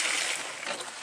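Plastic corrugated drain pipe is handled at its snap coupling on a downspout drain line, giving a broadband hiss and rustle that fades through the middle and swells again at the very end. Nothing has seated or clicked yet.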